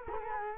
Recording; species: mosquito wingbeat signal from an infrared sensor; Culex quinquefasciatus